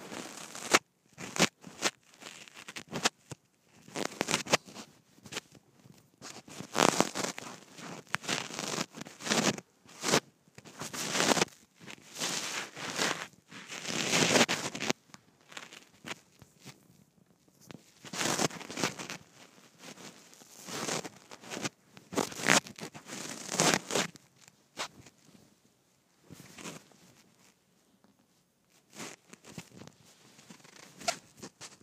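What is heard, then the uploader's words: A microphone rubbing and scratching against shirt fabric, bright, with bursts of rustling that come and go irregularly throughout. ASMR Microphone on Shirt.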